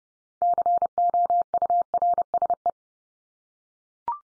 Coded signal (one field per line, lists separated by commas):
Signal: Morse code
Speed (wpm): 30 wpm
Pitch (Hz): 700 Hz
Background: none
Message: COURSE